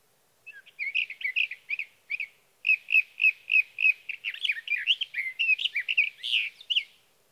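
Sage thrasher singing a long warble: repeated notes at first, then a faster tumbling stream of varied chirps and whistles lasting about six seconds.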